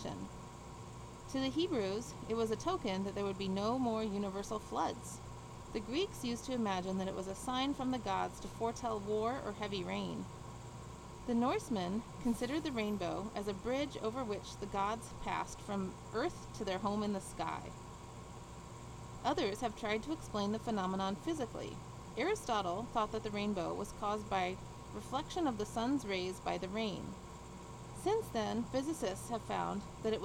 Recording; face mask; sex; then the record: reading aloud; surgical mask; female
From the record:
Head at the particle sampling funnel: tilted down, bridge of the nose in front of it